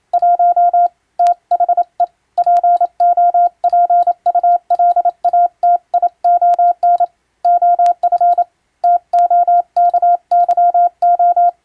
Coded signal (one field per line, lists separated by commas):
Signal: Morse code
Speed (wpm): 27 wpm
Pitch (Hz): 700 Hz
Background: none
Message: 1 THE POPULATION OF TOKYO